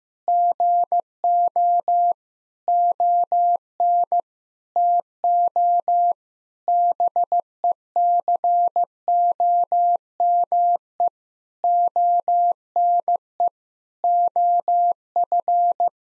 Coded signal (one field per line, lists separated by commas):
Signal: Morse code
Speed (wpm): 15 wpm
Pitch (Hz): 700 Hz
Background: none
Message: GO ON TO BECOME ONE OF